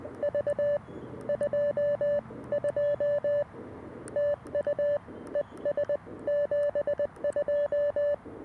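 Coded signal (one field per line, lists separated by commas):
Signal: Morse code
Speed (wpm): 20 wpm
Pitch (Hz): 590 Hz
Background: none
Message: V22 TU ES 72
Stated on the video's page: Morse code keyed for a quick parks on the air activation using a CFT-1 radio and a PERformer 17-foot whip antenna, covering 20m to 10m.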